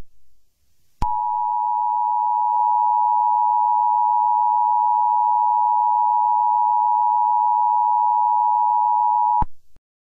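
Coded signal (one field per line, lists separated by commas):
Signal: Emergency Alert System (SAME) tones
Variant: 853 and 960 Hz attention tone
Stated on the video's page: Fictional EAS scenario, a creepypasta-themed simulated alert.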